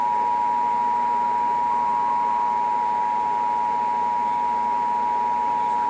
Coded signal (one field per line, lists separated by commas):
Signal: Emergency Alert System (SAME) tones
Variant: 853 and 960 Hz attention tone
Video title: National EAS Test Compilation 9/27/17 (EAS#181-186)